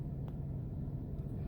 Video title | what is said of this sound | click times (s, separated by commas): Reattaching a rear view mirror that has fallen off your windshield permanently. | y se hizo clic | 0.3 s